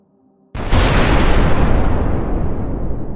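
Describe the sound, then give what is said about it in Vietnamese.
A sudden, massive blast from a stick of dynamite set in a crack in a Buddha statue erupts after a faint low hum, then a dense, roaring rumble of debris sustains loudly across the whole range, slowly thinning in the highs. “Ầm một tiếng thật lớn, chờ khói bụi tan đi, 3 người tiến lên xem.”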